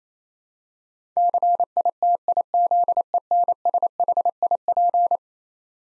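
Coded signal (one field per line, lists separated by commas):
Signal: Morse code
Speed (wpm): 27 wpm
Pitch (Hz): 700 Hz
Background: none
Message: CITIZENSHIP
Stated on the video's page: Morse head-copy practice of eleven-letter words at 28 wpm, each word sent, spoken, then sent again.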